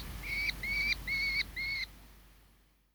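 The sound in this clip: Merlin giving four drawn-out, slightly rising, nasal notes in even succession, then silence as the sound fades.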